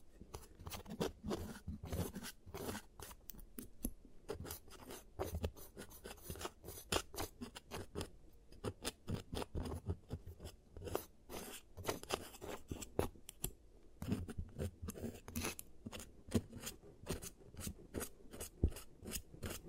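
Sharp clicking snips and short scraping strokes from the ASMR giant teeth treatment come in a dense, fairly regular run through all twenty seconds. Each stroke is crisp and bright, with brief gaps between. A low rumble sits underneath.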